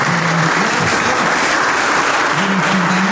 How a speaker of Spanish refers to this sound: así que les pido también un gran aplauso. Gracias a los compañeros de la IAL, a todo el staff de la IAL, un aplauso muy grande porque esto también es